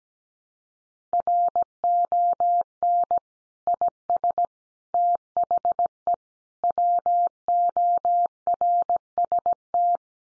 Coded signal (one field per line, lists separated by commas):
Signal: Morse code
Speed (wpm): 17 wpm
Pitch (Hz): 700 Hz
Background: none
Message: RON IS THE WORST